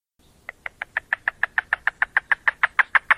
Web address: Yellow Billed Cuckoo YBCUVocalizations YBCU Survey Playback